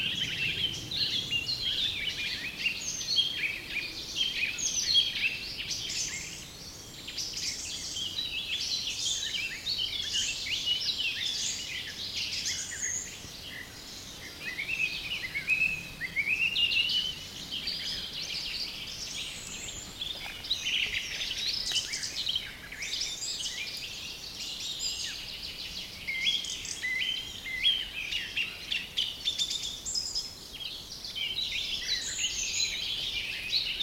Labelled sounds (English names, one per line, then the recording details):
Song Thrush
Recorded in the wild
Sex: male
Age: adult
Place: Mühlenbeck, Brandenburg, DE
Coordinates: 52.667, 13.37
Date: 1992-05-23 11:30
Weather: 23-24°C, böiger Wind
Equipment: Nagra SN, Mikrofon AKG CK 8, Kopie Tesla B 116
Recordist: Tembrock, Günter